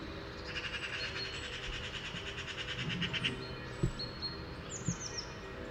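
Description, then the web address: Eurasian magpie: harsh rapid chatter, fairly soft under a low rumble, followed by a couple of knocks and high thin bird calls. "SETE data Pica pica"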